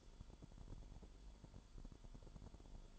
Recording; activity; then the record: daily activity, microphone in the room; light on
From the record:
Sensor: 5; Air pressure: 1008.0 hPa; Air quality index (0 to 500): 101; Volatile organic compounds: 1 ppm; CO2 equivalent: 788 ppm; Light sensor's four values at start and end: 32/75/30/30 and 33/76/31/31